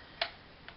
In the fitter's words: and you can actually open it up and it locks in place.